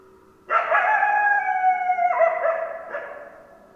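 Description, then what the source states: Coyote howling: a loud sustained howl that drops in pitch partway, then a further note before the sound fades. Several coyotes; recorded 10 December 2012.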